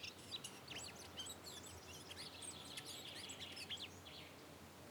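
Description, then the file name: Eurasian blackcap giving quick, high chirping and twittering notes in a dense, uneven stream over soft background noise. "Sylvia atricapilla"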